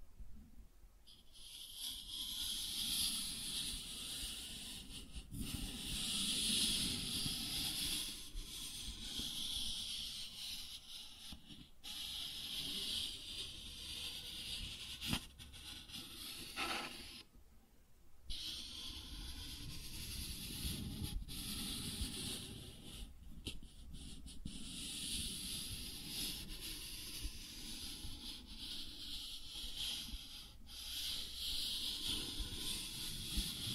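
Cardboard scratched and rubbed in a near-constant rough rasp, with bright scraping grit and a low rumble, pausing briefly around seventeen seconds.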